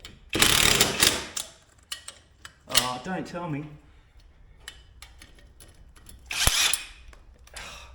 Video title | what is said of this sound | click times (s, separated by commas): Foldaway Bench For The Garage | It stripped it again. | 0.4 s, 0.6 s, 1.1 s